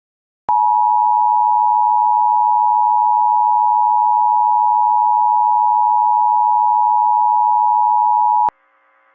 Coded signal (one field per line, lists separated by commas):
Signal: Emergency Alert System (SAME) tones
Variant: 853 and 960 Hz attention tone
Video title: TOR On WSCN 2/27/23 (EAS #1516)